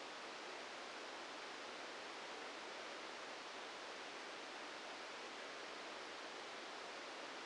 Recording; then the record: brain microelectrode recording played as sound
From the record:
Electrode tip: outside the subthalamic nucleus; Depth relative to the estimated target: 3 mm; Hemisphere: left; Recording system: NeuroSet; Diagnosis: Parkinson's disease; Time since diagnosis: 14 years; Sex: male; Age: 51 years